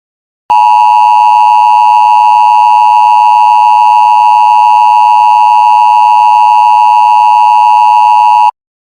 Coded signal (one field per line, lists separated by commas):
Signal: Emergency Alert System (SAME) tones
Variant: 853 and 960 Hz attention tone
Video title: Emergency alert system 1: Wind Advisory